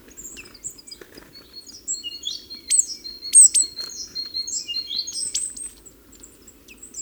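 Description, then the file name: Great tit calls: a fast, irregular series of thin high chirps and slurred whistles over a soft steady low background noise. "Parus major"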